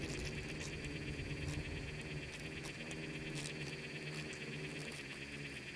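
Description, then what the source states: Insects buzzing in a swarm, low rough drone with rapid irregular ticking and crackles, plus a steady thin high whine. Bugs and beetles swarming in the Namib desert, among the micro-sounds of a desert soundscape that seems quiet at first listen.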